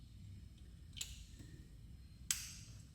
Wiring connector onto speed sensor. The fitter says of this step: heard a click hopefully you will be able to see that shiny